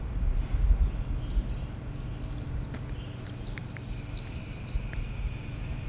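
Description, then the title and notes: Swift scream in a dense series of shrill, buzzy high trills, several birds overlapping almost continuously, with a low droning hum underneath. A flock of swifts wheeling over the rooftops of Aix-les-Bains, France, recorded from the MJC courtyard on a Sunday morning. "4 Rue Vaugelas, 73100 Aix-les-Bains, France - Les martinets. Le ballet des martinets au dessus des toits d'Aix-les-bains depuis la cour de la MJC un dimanche matin"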